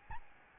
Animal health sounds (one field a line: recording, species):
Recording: mosquito wingbeat signal from an infrared sensor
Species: Aedes albopictus